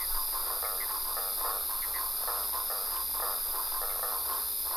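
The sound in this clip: Frogs croak in quick raspy pulses, beneath a steady high hiss and low hum.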